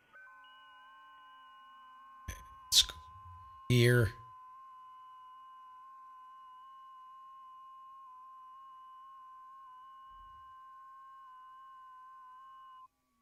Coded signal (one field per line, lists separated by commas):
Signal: FT8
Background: speech